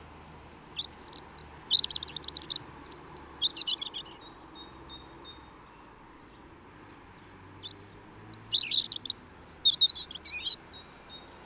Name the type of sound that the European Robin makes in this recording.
song